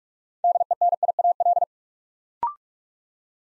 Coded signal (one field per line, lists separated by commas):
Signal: Morse code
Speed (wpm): 44 wpm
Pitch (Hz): 700 Hz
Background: none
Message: DENIAL